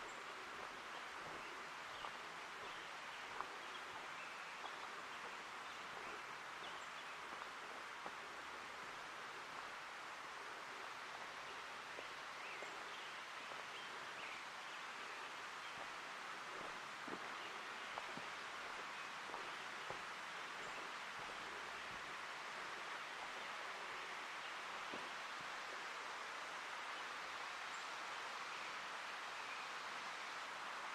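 Ambience from the Ancient Forest Preserve in Portland, Oregon: a steady, dense wash of hiss, like wind through leaves or far-off traffic, holds level for the full half minute. Small clicks and brief bird-like chirps surface now and then without breaking the even texture.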